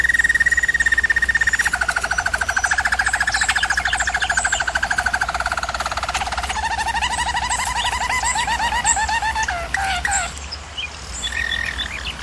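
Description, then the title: German Roller canary song: sustained trill dropping in pitch, then bubbly rolled phrases and brief sharp notes. Singing used for canary training. "German Roller Canary Singing - Canary Training Vid"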